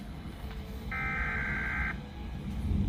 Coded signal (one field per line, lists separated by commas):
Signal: Emergency Alert System (SAME) tones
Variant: header bursts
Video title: EAS 106-128: FIRST TIME TORNADO WARNING ON MY WEATHER RADIO (+Alert Ready TORNADO WARNING)